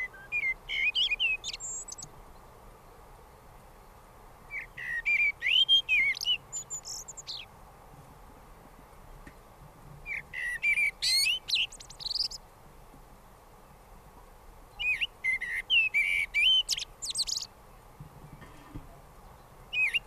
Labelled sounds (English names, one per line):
Common Blackbird song